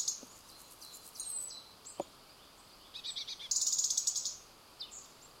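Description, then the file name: European robin producing scattered thin high notes and quick ticking series, with one loud, dense rattle of rapid ticks near the end. "Erithacus rubecula"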